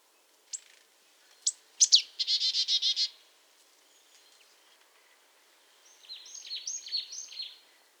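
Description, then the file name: Marsh tit calls: a few sharp single notes, then a quick run of several buzzy, evenly spaced notes, and later a softer burst of repeated high chirps. "Poecile palustris"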